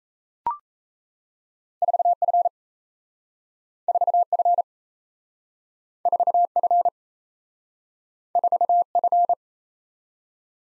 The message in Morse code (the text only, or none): 4F 4F 4F 4F